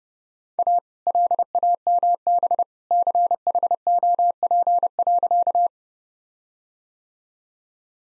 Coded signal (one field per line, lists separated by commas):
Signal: Morse code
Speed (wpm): 30 wpm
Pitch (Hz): 700 Hz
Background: none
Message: A LAMB CHOP.